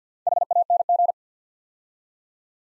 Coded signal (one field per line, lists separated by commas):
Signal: Morse code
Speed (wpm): 50 wpm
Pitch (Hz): 700 Hz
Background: none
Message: HANG